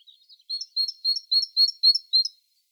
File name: Parus major